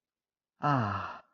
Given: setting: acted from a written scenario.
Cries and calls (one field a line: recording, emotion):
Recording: vocal sound without words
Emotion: contentment